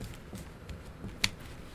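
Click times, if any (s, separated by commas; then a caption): 1.2 s. During reassembly, a plastic screen bezel is pressed around the screen so its clips snap back into the screen housing. Faint rustles and a small tick at 0.7 s come before a sharp, loud click at 1.2 s as a clip seats into place.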